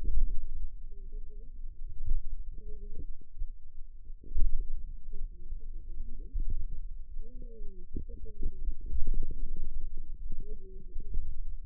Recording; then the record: forearm muscle sounds (acoustic myography)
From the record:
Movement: pen grasping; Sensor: system 2, bracelet of six BSWA MPA416 microphones around the upper forearm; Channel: 6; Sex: female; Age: 21 years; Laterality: right